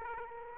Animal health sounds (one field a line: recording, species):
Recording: mosquito wingbeat signal from an infrared sensor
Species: Aedes aegypti